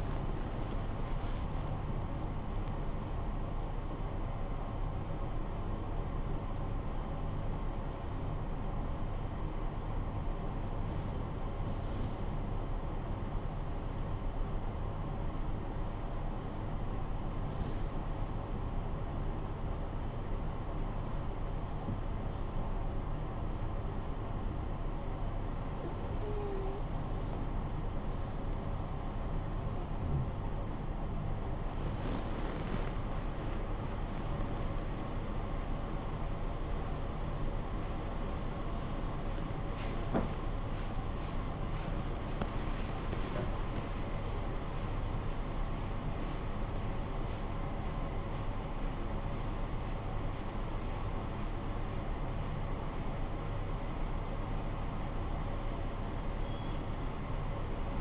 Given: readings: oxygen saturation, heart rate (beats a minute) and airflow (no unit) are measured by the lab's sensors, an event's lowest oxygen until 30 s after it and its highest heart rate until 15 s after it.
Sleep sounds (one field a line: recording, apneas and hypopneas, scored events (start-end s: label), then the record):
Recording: breathing in sleep by a smartphone at the bedside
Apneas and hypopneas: 1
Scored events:
8.00-21.90 s: hypopnea (N1, oxygen 95% highest, then 90% lowest, heart rate 61 at the start, 76 highest)
35.00-58.01 s: new sleep stage, awake
36.00-58.01 s: awake
From the record:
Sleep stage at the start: N1 (lightest sleep)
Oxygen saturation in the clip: 90 to 96%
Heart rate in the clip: 53 to 92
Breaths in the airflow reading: 10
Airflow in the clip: -12.7 to 16.3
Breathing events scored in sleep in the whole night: 445 in 7.6 hours asleep